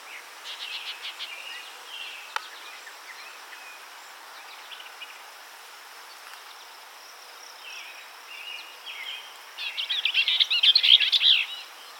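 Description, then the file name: Bell's vireo song: scratchy, jumbled warbling phrases early on, a quiet pause, then a loud rapid chattering burst near the end over faint steady background hiss. "Vireo bellii - Bell's Vireo"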